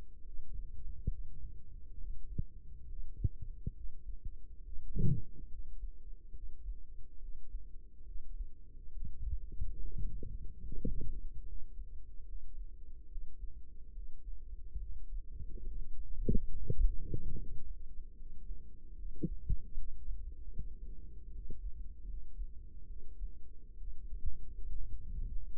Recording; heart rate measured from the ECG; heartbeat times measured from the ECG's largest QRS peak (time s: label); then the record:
heart sounds by microphone in the right ear; 71 bpm
0.22 s: heartbeat
1.07 s: heartbeat
1.95 s: heartbeat
2.85 s: heartbeat
3.72 s: heartbeat
4.61 s: heartbeat
5.47 s: heartbeat
6.31 s: heartbeat
7.18 s: heartbeat
8.03 s: heartbeat
8.90 s: heartbeat
9.79 s: heartbeat
10.61 s: heartbeat
11.44 s: heartbeat
12.24 s: heartbeat
13.07 s: heartbeat
13.91 s: heartbeat
14.78 s: heartbeat
15.64 s: heartbeat
16.49 s: heartbeat
17.35 s: heartbeat
18.15 s: heartbeat
18.94 s: heartbeat
19.74 s: heartbeat
20.53 s: heartbeat
21.30 s: heartbeat
22.05 s: heartbeat
22.85 s: heartbeat
23.76 s: heartbeat
24.72 s: heartbeat
25.57 s: heartbeat
From the record:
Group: healthy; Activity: rest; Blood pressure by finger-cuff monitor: 160/100 mmHg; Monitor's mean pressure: 120 mmHg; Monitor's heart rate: 70 bpm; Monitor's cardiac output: 5.4 L/min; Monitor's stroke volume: 78 mL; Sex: male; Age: 35 years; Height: 178 cm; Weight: 64 kg